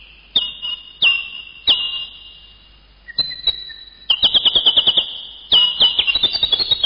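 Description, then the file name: Bird calls: long steady whistles near one pitch, broken by sharp onsets and bursts of rapid pulsed trilling, with a brief lower tone in the middle. "uccelli birds"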